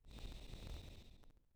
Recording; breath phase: one breath near a microphone; exhalation